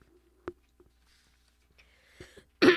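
In a quiet room, a short sharp cough comes early, then a few faint throat noises, and finally one loud, harsh cough burst. These are ordinary dry coughs from an adult, with no wheeze or strained breathing between them.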